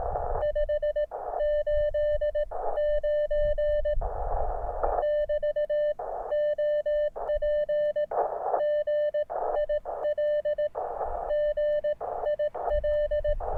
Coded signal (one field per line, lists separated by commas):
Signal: Morse code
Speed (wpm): 18 wpm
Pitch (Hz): 600 Hz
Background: radio noise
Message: 589 <BT> OP GIL GIL